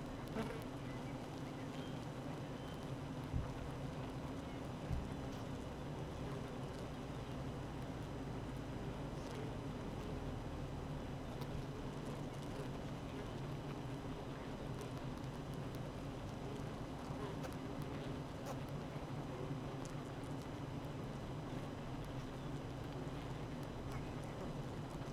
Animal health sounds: honeybee colony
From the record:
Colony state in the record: active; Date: 12 June 2018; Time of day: 8:19

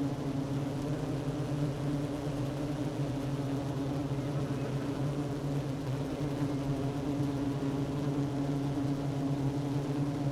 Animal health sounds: honeybee colony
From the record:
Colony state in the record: active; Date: 12 June 2018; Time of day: 10:42

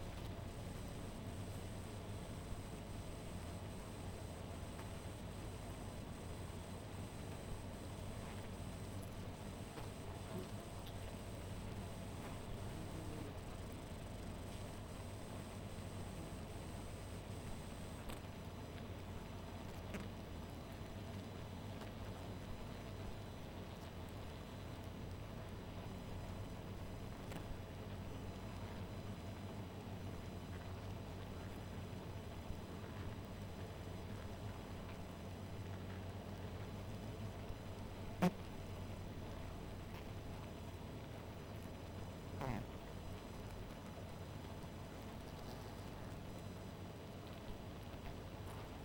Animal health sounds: honeybee colony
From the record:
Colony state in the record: missing queen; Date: 14 July 2017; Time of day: 1:39

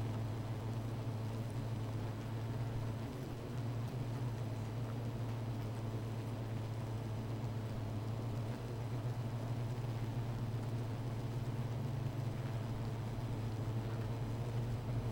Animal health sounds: honeybee colony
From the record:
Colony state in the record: missing queen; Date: 14 July 2017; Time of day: 16:21

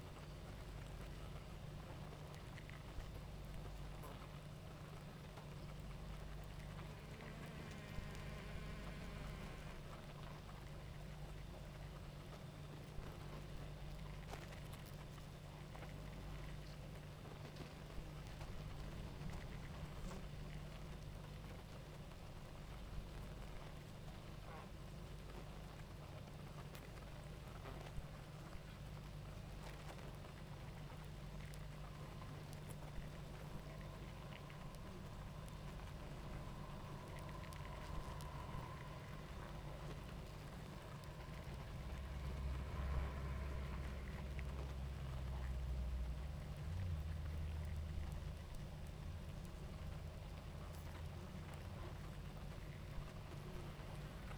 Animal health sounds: honeybee colony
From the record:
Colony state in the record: active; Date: 28 July 2017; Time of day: 19:12

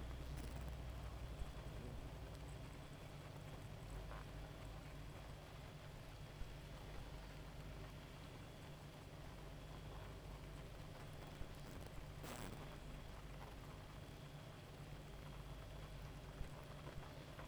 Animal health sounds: honeybee colony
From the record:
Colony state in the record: active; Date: 28 July 2017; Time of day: 1:39

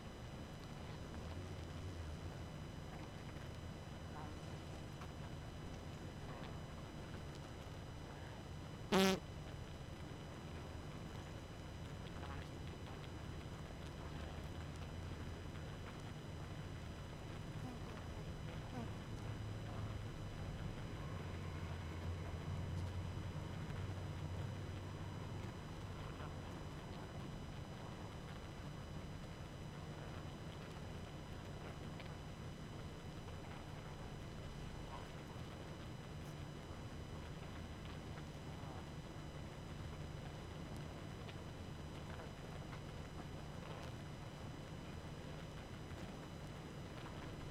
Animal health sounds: honeybee colony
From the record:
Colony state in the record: active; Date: 12 June 2018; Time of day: 22:20

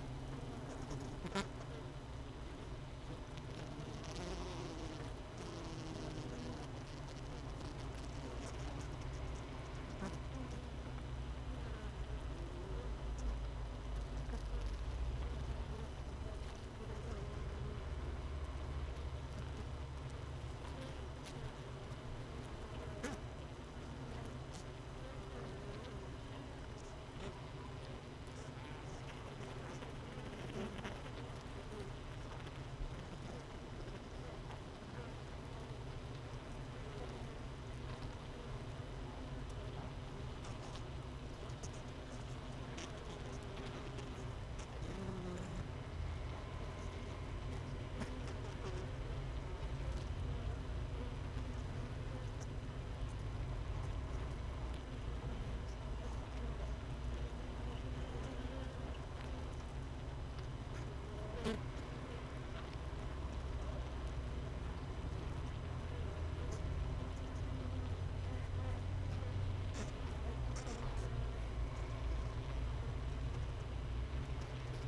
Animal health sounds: honeybee colony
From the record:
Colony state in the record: missing queen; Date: 31 May 2018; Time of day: 16:41

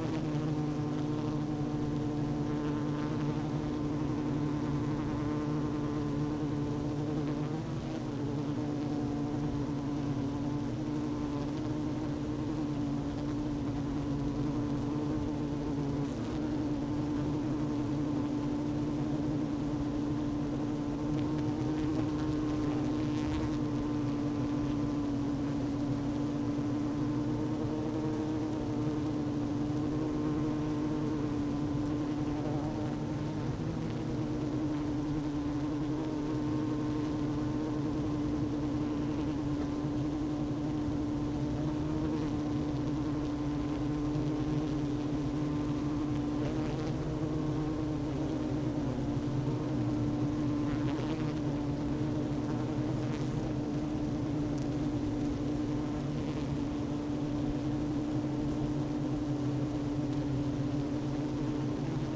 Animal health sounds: honeybee colony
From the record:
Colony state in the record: active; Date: 12 June 2018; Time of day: 11:32

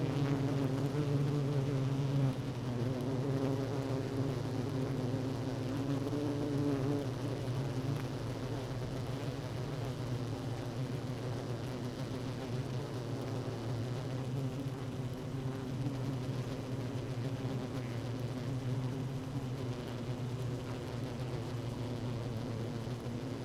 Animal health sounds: honeybee colony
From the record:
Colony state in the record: active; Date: 12 June 2018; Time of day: 16:49

